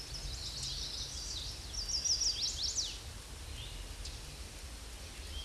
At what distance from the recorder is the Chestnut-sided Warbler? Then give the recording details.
about 25 m. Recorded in a Pennsylvania forest on 18 May 2023 at 07:54. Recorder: AudioMoth, point grid1_17_low. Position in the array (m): 211 m, 131 m